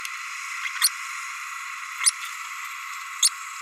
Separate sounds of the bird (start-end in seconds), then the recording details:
0.81-0.90, 2.03-2.11, 3.22-3.29. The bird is a male. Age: 30 days. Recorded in a nest box in Venezuela. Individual 17B32A6